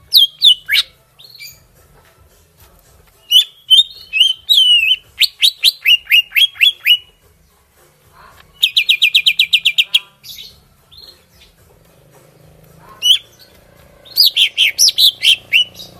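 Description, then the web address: Greater green leafbird song of sharp falling whistles in clustered runs, a fast repeated chip series around nine seconds, and more whistled phrases near the end. Kalimantan. "cucak-ijo suara-cucak-ijo-kalimantan"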